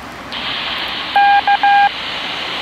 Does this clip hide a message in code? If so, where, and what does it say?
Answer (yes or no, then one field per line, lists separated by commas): no